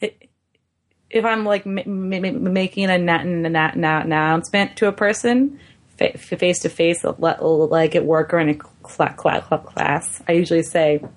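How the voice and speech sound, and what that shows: An adult woman who stutters speaks at a moderate pitch with repeated part-words, such as several tries at the start of "class," "announcement" and "face," along with drawn-out sounds and brief silent catches. These are the repetitions and blocks of stuttering.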